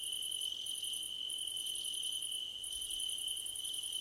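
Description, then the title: Crickets chirp in quick, evenly spaced high pulses gathered into short bursts, accompanied by a steady high insect drone. Crickets at night under a starlit sky; nighttime ambience. "Nighttime Ambience with Crickets"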